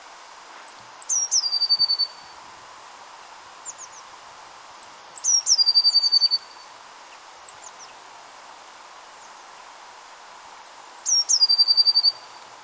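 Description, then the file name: Eurasian blue tit giving three similar phrases, each of thin high notes dropping into a fast trill, with a few short notes between. "Cyanistes caeruleus"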